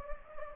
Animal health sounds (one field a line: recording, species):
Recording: mosquito wingbeat signal from an infrared sensor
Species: Anopheles gambiae